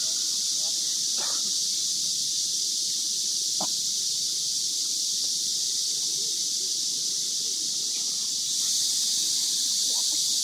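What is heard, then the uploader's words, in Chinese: Summer cicadas drone in a dense, unbroken high hiss that holds steady for the whole stretch, growing slightly louder near the end. Underneath, a few brief faint chirps and clicks pop up around the first and fourth seconds and again near the close. 蝉鸣。夏天的知了！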